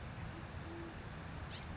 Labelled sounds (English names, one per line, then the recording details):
Band-tailed Pigeon
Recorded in Sonoma County, California